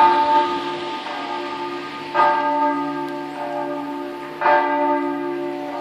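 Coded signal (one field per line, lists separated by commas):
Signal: bell signal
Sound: a single church bell swinging, ringing out with long resonant strikes, about 2 clear hits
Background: outdoor ambience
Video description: h. 12:00: segnale orario sulla mezzana Re3 e distesa della mezzana.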